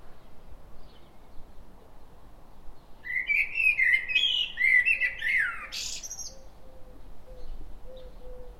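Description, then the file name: Common blackbird song: a fluted, warbling phrase of low mellow notes ending in a thin, squeaky twitter, with a faint low note repeating steadily in the background. "Turdus merula"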